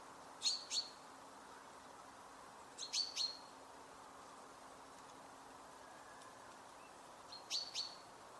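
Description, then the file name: Common chaffinch calls: three brief bursts of two or three sharp, high chirps each, spaced several seconds apart over a steady background hiss. "Fringilla coelebs"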